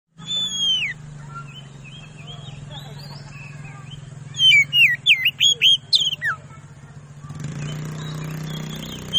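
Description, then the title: Oriental magpie-robin song: a loud slurred whistle at the start, a few fainter notes, then a brief run of loud whistled notes midway, over a steady low hum and rising background noise. Lure song used to provoke a rival magpie-robin into responding and fighting. "KACER NGOTOT FULL TEMBAKAN. Suara Pancingan Kacer Ngeplong Gacor Santai Manggil Lawan"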